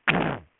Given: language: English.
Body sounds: throat vibration sensor signal played as sound; throat clearing

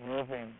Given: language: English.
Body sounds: throat vibration sensor signal played as sound; speech

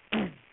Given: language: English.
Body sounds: throat vibration sensor signal played as sound; throat clearing

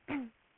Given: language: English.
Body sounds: throat vibration sensor signal played as sound; throat clearing

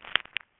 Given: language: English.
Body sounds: throat vibration sensor signal played as sound; swallow

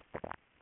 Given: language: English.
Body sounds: throat vibration sensor signal played as sound; swallow

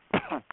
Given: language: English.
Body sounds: throat vibration sensor signal played as sound; cough

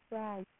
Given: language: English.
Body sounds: throat vibration sensor signal played as sound; speech

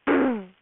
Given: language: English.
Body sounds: throat vibration sensor signal played as sound; throat clearing

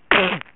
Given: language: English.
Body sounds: throat vibration sensor signal played as sound; cough

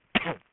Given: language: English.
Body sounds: throat vibration sensor signal played as sound; cough

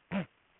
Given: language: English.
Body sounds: throat vibration sensor signal played as sound; throat clearing

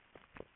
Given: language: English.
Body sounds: throat vibration sensor signal played as sound; swallow

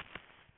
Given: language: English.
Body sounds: throat vibration sensor signal played as sound; swallow

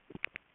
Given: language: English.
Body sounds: throat vibration sensor signal played as sound; swallow

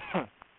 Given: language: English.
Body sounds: throat vibration sensor signal played as sound; cough

